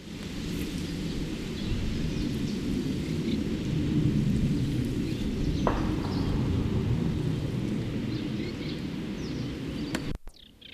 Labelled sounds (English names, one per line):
Eurasian Reed Warbler song